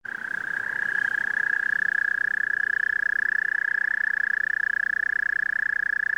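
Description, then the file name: American toad trill, a long steady high musical buzz of rapid pulses holding one pitch throughout without a break. "zhaba amerikanskaya kvakaet"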